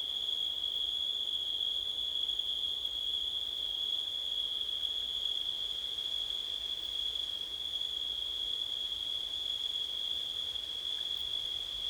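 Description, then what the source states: Cricket chorus holding one continuous shrill tone throughout, with a faint background hiss. Crickets recorded on a windy September night.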